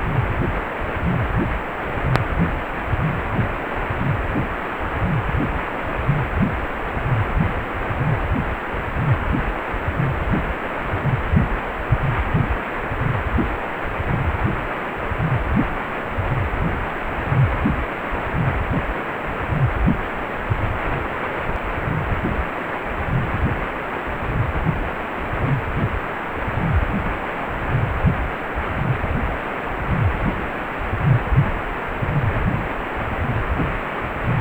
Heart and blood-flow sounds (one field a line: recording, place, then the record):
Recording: Doppler ultrasound of blood flow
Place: precordium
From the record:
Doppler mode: pulsed wave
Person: healthy adult, 18 to 50 years, no heart murmur, not diving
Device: 2.5 MHz transducer